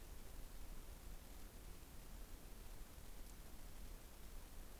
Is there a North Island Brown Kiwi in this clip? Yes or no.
no